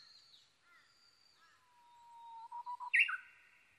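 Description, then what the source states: Japanese bush warbler singing a soft sustained whistle, a short run of stuttering notes, then a loud sharp ending phrase; faint high bird notes early on. Recorded 22 May 2011 at 05:58.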